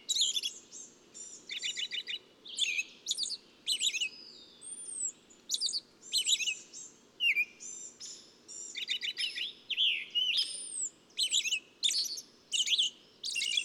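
Bird song: dense chirps and trills, with thin high whistled slurs now and then, over a steady low background noise.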